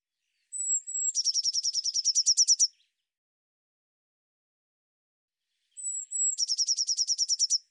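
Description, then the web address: Eurasian blue tit call given twice: each a thin high whistle followed by a fast buzzy churring trill of many notes, separated by about three seconds of silence. "cianscape birddata Deverinetal 2025 File cleaned normalized Bird Cy Ca"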